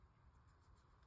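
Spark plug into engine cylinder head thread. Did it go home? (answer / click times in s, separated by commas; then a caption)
no / none. A new spark plug is turned backwards by hand in the cylinder head of a 2005 Porsche Carrera 997.1 so its thread start can drop into engagement before it is threaded forward. Only faint, steady low scraping and handling noise is heard, with no distinct transient. Nothing has seated or clicked yet.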